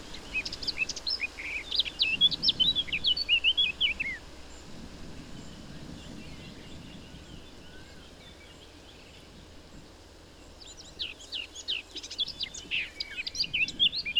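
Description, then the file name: Eurasian blackcap song: a rapid chattering warble of high notes for about four seconds, a long pause, then another warbled burst. "Sylvia atricapilla"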